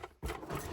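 A part is pushed along its rail in an Adria Twin camper van. After a quiet start, a low thump around 0.2 s leads into steady rubbing and scraping that lasts to the end. The part is still being handled, and nothing has seated or clicked yet.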